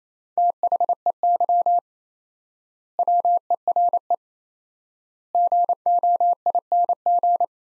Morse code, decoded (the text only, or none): THEY WERE GOING